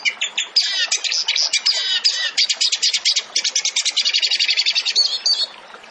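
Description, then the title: Bird song as a dense, scratchy chatter of rapid, varied notes that speeds into an even, fast trill before stopping. Masteran training recording for songbirds, in the Indonesian tembakan (rapid-fire) song style, by a gacor (vigorously singing) bird. "Masteran Burung Tembakan Gacor"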